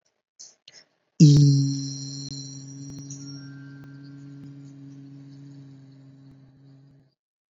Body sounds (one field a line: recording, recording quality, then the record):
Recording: sustained vowel as in beet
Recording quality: excellent, no background noise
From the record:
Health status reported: recovered from COVID-19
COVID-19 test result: negative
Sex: male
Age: 24 years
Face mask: worn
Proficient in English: yes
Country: India